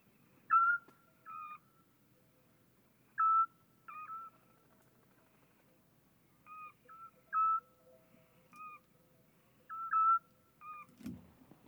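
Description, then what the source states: Eurasian scops owl calls: paired and triple whistled notes, some with a faint upper overtone, given in bursts every two to three seconds. A sharp click comes at the end. Copulation sequence with various calls of male and female.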